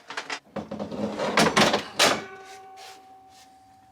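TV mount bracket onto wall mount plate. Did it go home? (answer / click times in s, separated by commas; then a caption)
yes / 1.4 s. A TV with its mount bracket is hung onto the wall mount plate. A series of knocks and scrapes leads to a sharp click at 1.4 s as the bracket locks onto the plate. Further bumps follow, ending with a faint ringing tone, and the bracket is seated.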